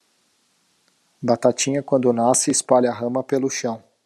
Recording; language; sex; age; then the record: short text; Brazilian Portuguese; male; 30 to 39 years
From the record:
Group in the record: control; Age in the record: 38 years